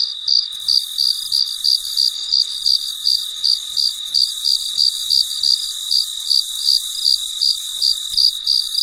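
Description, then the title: Cricket chirping, about three short bright pulses each second, over a constant high-pitched background buzz. Recorded late at night in very quiet surroundings. "深夜录制蟋蟀昆虫声"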